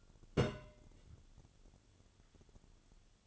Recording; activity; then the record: daily activity, microphone in the room; place on stove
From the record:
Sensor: 4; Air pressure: 1008.8 hPa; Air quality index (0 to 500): 128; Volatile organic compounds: 1 ppm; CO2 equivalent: 932 ppm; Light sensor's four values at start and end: 10/24/9/9 and 11/24/9/9